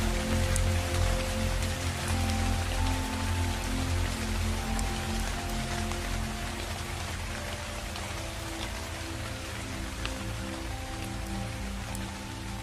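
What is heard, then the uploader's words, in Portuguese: Rain falls steadily and densely, a constant hiss of drops with small sharp ticks scattered throughout. Beneath it a low sustained musical drone holds, with soft held tones shifting slowly in the middle range. The level stays even across the clip. Sons da chuva com fundo musical binaural.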